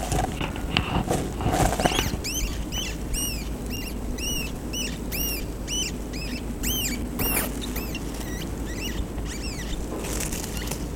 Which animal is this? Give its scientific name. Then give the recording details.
Rattus norvegicus. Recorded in captivity. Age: juvenile. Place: Zoologisches Institut der HUB, Berlin, DE. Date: 1965-08-06. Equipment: R 21, Kondensatormikro M 21a. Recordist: Altmann, Dagmar